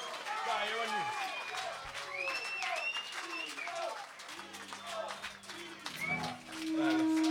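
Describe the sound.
A crowd applauds steadily for several seconds, dense clapping mixed with loud cheers and shouting voices, and a sustained tone rising briefly near the end.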